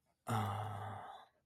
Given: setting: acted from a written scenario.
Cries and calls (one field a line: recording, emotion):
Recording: vocal sound without words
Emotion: contentment